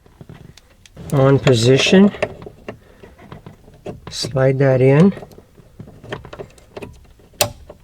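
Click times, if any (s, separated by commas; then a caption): 7.4 s. With the key in the on position, a new ignition lock cylinder is slid into the steering column ignition housing of a 1999–2004 Jeep Grand Cherokee, as part of an ECM replacement for an engine-dies, crank-no-start fault. Someone talks through the first five seconds over faint scraping and ticking. A sharp, loud click at 7.4 s marks the retainer snapping home and the cylinder seated.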